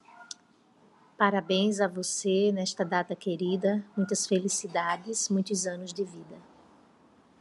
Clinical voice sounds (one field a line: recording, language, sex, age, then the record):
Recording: short text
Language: Brazilian Portuguese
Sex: female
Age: 40 to 49 years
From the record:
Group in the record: control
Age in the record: 42 years